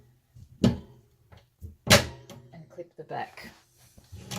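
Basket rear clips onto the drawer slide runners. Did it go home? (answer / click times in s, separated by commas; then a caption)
no / none. A TANSEL soft-close basket is pressed down by hand onto its drawer slides, with the front clips done first and the back clips being fitted to the slide runners. Short knocks and handling sounds come while someone talks. Nothing has seated or clicked yet.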